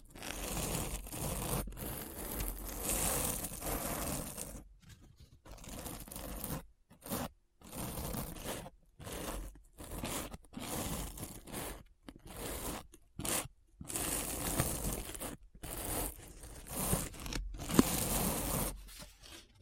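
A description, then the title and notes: Deep, gritty scratching fills the clip, rough and dense with a low rumble under a bright hiss. The first five seconds run almost unbroken, then the strokes come in short bursts separated by frequent brief silences, roughly every second, until the end. ASMR Deep Brain Scratch (No Talking).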